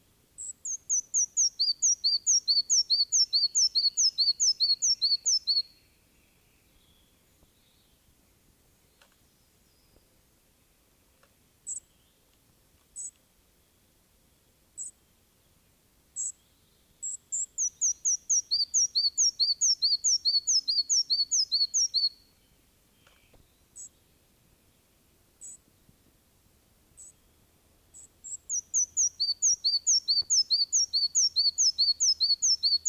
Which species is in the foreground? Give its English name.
Red-breasted Flycatcher